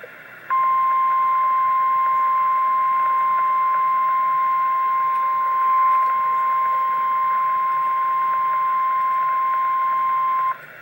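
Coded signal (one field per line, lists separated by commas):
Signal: Emergency Alert System (SAME) tones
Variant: 1050 Hz attention tone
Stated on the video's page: Real EAS special marine warning.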